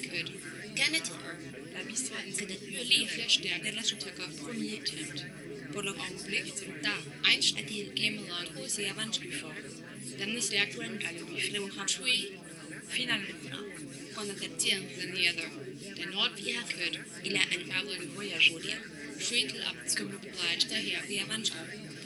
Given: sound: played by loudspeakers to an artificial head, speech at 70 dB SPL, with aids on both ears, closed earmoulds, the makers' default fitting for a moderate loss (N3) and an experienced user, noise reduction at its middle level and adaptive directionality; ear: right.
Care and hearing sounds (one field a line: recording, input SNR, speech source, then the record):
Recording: speech test signal (ISTS) in cocktail-party noise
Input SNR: -3 dB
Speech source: in front (0 degrees)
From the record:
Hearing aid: class 2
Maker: J